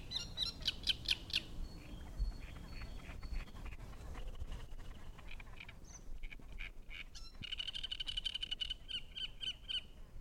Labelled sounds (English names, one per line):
Great Reed Warbler